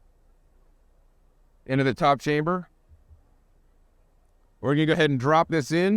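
A brew basket insert is being handled over the top chamber of a cold brew coffee and tea machine, about to be dropped in and locked into place, while someone talks. A couple of faint, short low sounds come in the pause between speech, but nothing has seated or clicked yet.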